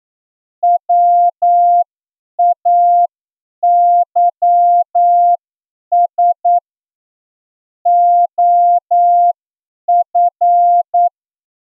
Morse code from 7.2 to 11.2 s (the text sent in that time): OF